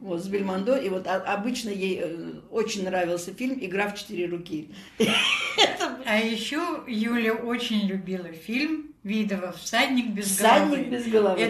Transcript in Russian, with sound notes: С Бельмондо. И вот обычно ей очень нравился фильм «Игра в четыре руки». [смеётся]
А ещё Юля очень любила фильм Видова «Всадник без головы».